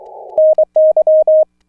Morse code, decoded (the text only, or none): NY